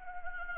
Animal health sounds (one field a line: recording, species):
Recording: mosquito wingbeat signal from an infrared sensor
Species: Anopheles gambiae